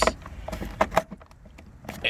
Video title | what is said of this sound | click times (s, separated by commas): How to: Install a Battery in a 2012 Mitsubishi Lancer | just snap snaps into place Jesus | 0.8 s, 1.0 s